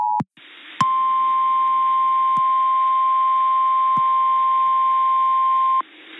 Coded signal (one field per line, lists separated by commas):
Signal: Emergency Alert System (SAME) tones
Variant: 1050 Hz attention tone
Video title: Severe Thunderstorm Warning (EAS 133)